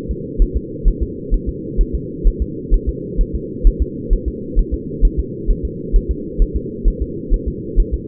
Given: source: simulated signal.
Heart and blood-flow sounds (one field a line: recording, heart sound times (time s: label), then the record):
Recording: fetal heart sounds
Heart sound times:
0.11 s: S2
0.42 s: S1
0.57 s: S2
0.88 s: S1
1.03 s: S2
1.34 s: S1
1.49 s: S2
1.81 s: S1
1.95 s: S2
2.28 s: S1
2.42 s: S2
2.74 s: S1
2.89 s: S2
3.21 s: S1
3.35 s: S2
3.67 s: S1
3.82 s: S2
4.13 s: S1
4.28 s: S2
4.59 s: S1
4.74 s: S2
5.05 s: S1
5.19 s: S2
5.51 s: S1
5.65 s: S2
5.96 s: S1
6.11 s: S2
6.42 s: S1
6.56 s: S2
6.88 s: S1
7.02 s: S2
7.34 s: S1
7.48 s: S2
7.80 s: S1
7.94 s: S2
From the record:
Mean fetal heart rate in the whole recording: 130 bpm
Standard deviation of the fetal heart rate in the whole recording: 2 bpm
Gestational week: 38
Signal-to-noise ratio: -4.1 dB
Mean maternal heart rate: no maternal heart sound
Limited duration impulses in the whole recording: absent